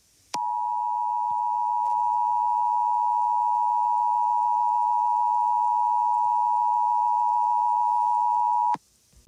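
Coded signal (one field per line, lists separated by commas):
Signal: Emergency Alert System (SAME) tones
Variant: 853 and 960 Hz attention tone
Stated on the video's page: Fictional EAS scenario.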